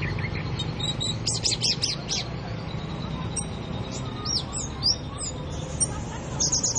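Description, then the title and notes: Oriental magpie-robin song: a fast run of high, buzzy chirps, then slurred whistles and varied notes, above a faint low rumble. "Kicau Kacer. manukmanukan"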